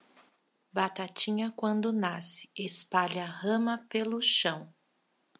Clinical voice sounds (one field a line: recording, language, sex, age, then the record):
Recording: short text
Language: Brazilian Portuguese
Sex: female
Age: 40 to 49 years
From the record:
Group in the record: control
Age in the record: 46 years